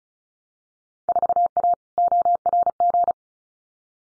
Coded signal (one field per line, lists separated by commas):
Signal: Morse code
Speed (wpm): 36 wpm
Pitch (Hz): 700 Hz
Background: none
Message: 4A ORG